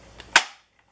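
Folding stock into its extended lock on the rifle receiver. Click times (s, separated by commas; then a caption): 0.4 s. The folding stock of an FN SCAR 16S rifle is swung back to its extended position and latches into its lock on the receiver. A faint tick at 0.2 s comes before a sharp, bright snap at 0.4 s that rings down over about a quarter second, followed by a very faint tick near 0.8 s. The stock is seated, locked in place extended.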